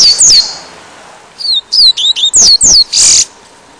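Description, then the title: Double-collared Seedeater song with repeated high downslurred whistles and choppy chirps, closing on a rough buzzy note. "Canto Coleiro"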